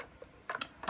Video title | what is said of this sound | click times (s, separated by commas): Solving the Reluctant Drawer puzzle! | And now that's locked up. | 0.6 s